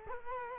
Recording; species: mosquito wingbeat signal from an infrared sensor; Culex quinquefasciatus